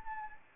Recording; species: mosquito wingbeat signal from an infrared sensor; Anopheles arabiensis